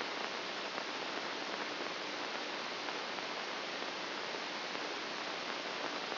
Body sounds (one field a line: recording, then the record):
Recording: brain microelectrode recording played as sound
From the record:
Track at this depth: inside the subthalamic nucleus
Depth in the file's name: 1.027 mm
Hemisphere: left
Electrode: 2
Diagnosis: Parkinson's disease